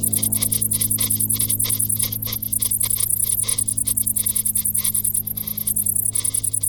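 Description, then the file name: Cricket chirping, a rapid run of high, even pulses that keeps going almost without a break over a steady low hum. "Grillen"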